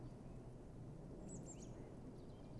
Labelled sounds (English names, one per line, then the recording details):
Great Tit
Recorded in Germany
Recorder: ecoPi